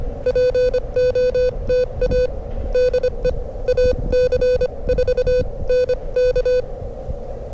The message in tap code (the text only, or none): none